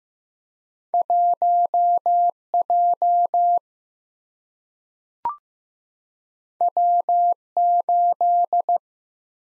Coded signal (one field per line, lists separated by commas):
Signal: Morse code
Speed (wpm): 15 wpm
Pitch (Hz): 700 Hz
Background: none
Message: 1J W8